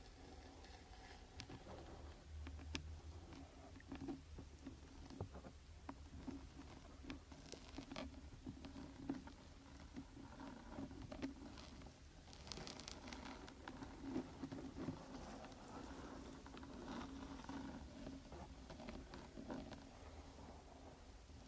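A rain stick pours out a steady, dense patter of tiny taps, like rain falling on a surface. Brighter clicks and short bursts pop up every second or so, most clustered around seven to eight and twelve to fifteen seconds, over a low continuous rumble.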